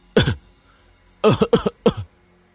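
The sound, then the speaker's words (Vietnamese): Dry, harsh coughing from a man choking on blood in his mouth: a single cough, a short pause, then three quick coughs in a tight burst. Each is raspy and loud, with no talking. “Câu nói kiên quyết, đáng tiếc nói đến đoạn sau lại bị sặc máu trong miệng, gặp người không ngừng ho khan.”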